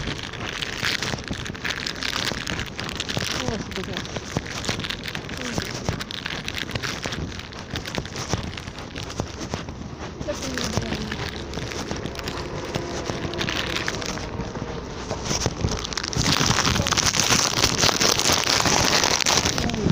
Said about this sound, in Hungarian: Esik az eső, hallod.